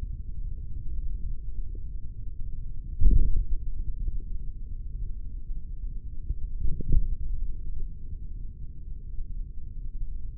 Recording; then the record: forearm muscle sounds (acoustic myography)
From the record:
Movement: tripod grip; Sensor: system 3, bracelet of six PUI Audio POM-2738L microphones around the upper forearm, with dedicated amplification and filtering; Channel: 2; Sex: male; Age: 56 years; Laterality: right